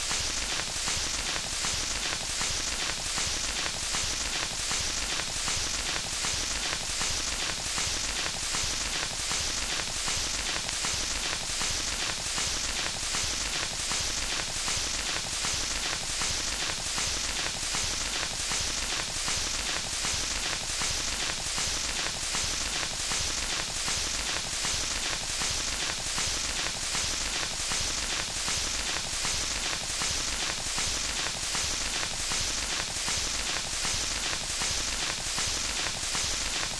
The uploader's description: Static from an old 78 RMP shellac record